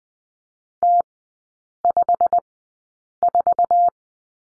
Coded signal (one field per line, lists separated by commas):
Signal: Morse code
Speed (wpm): 20 wpm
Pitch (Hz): 700 Hz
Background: none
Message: T54